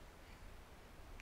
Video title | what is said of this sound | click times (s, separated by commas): How to Replace License Plate Light Bulb - Hyundai Elantra (2017/2018) | You heard that click? | 1.2 s